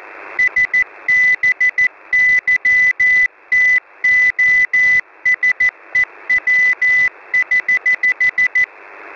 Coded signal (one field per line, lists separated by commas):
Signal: Morse code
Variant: Russian alphabet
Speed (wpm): 14 wpm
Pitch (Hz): 2000 Hz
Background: none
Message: СБЫТОСЕВ<HH>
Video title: |Autumnal CW| 5378kHz ЖЗФЫ(ZhZFY) Message 23th October 2020 12:19 UTC